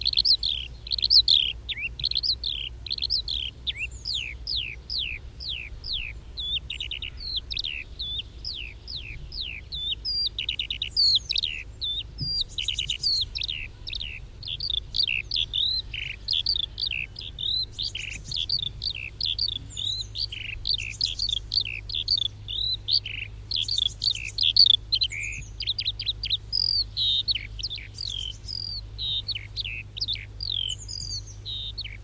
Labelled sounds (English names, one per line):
Eurasian Skylark flight song